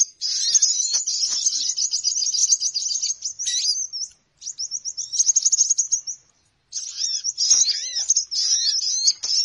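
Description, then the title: Birds twittering in quick high bursts of chirps, broken by two short silent gaps before the chatter resumes. Bird lure recording of noisy bird chatter, played to attract birds, which gather soon after it starts playing. "Baru Diputar Dah Banyak Merapat! Suara Pikat Burung Ribut"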